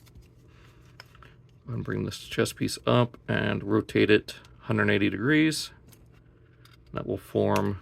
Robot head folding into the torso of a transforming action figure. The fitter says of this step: so you can actually fold up the head and that will click into place